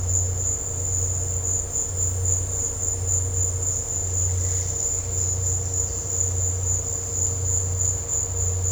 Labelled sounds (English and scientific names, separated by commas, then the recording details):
none
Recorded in dense forest near Puerto Asís, Putumayo, Colombia, on 13 March 2025 at 16:30
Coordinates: 0.468, -76.322
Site GP01